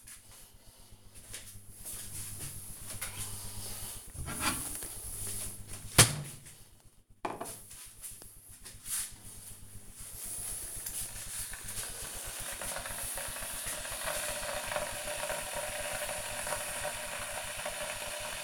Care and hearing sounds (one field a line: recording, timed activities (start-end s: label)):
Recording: household activities, microphone on the right wrist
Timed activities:
1.18-18.43 s: making tea